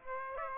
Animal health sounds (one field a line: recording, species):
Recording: mosquito wingbeat signal from an infrared sensor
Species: Aedes aegypti